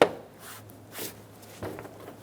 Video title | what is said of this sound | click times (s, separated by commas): How to Replace Hood Release Handle 2014-2018 Chevrolet Silverado 1500 | the trim piece push it down on the front it'll click into place | 0.0 s